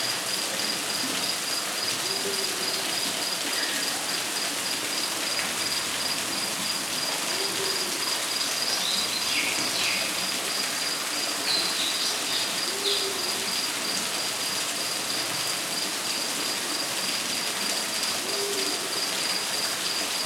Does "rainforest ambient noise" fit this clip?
yes